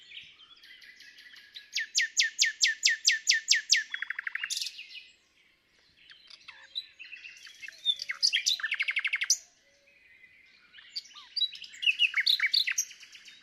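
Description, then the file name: Nightingale song with a loud series of rapid repeated notes that breaks into a buzzy rattle, followed after a pause by further varied trills and chatter. "Luscinia megarhynchos"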